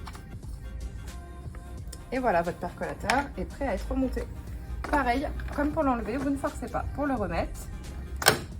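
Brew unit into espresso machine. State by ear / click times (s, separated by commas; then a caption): seated / 8.3 s. Someone talks while the removable brew unit (percolator) of an espresso machine is pushed back into its housing without forcing. A single sharp click is heard at 8.3 s as the brew unit seats in place.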